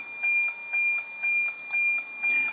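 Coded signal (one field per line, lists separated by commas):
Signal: weather satellite image (APT)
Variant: NOAA APT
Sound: high steady tone with rhythmic tick-tock pulsing twice per second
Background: radio static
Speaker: das Signal ist wunderschön und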